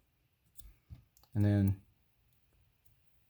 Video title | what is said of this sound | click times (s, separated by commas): M2 Mods - Pt2 ... Repining 5th Gen FogLt H11 Connector for LEDs | until you hear it click | 0.6 s